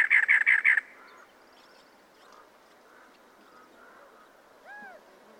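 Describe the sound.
Cactus wren: a brief loud burst of rapid harsh chugging notes, then quiet, with one later slurred whistle.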